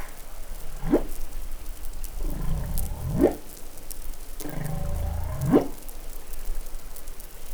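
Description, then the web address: Humpback whale song: three sharp rising whoops, each with a low rumbling base, about every two seconds over constant underwater hiss. Recorded in New Caledonia on 20 July 2013. "SOUNDLIB Glotin etal MEDsea Arctiqueet Pacific Baleinea Bosse Nouvelle Caledonie 20130720 Glotin"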